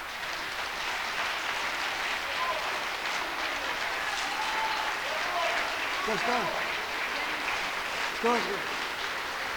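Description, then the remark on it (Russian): An audience at an evening of bard songs applauds steadily for the whole stretch, a dense even wash of clapping, with a few brief voiced calls or cheers rising above it near the end. “От того, как вы слушаете, как смотрите, хлопаете, все как каким-то новым смыслом всегда наполняется.”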